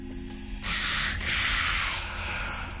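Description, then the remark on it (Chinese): A voice imitates a snake with a long, hoarse, breathy hiss lasting about a second and a half, with a slight break partway through, then fading. It is read from a Harry Potter audiobook, as Harry hisses at two stone snakes with emerald eyes to make them part. No words are spoken around it. “哈利用低沉的阴哑的嘶嘶声说，两条蛇分开了”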